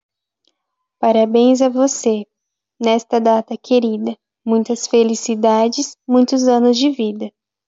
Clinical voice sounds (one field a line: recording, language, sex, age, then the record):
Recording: short text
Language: Brazilian Portuguese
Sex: female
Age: 20 to 29 years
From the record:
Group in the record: control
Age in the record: 22 years